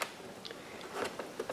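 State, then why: Not seated. On a 2008 Dodge Caravan, plastic side mirror glass is placed into the mirror housing outside edge first and swung in. Only light handling noises are heard: small ticks and taps at about 0.0, 0.5, 1.2, 1.4 and 1.5 seconds. The glass is lined up but has not yet been pressed home, so nothing has seated or clicked yet.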